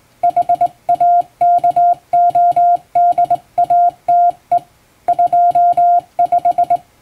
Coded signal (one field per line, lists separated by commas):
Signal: Morse code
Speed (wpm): 21 wpm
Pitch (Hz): 700 Hz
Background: music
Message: HAKODATE 25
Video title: 【Radio operator morse code training】This is Morse code practice video. There is morse exam in japan.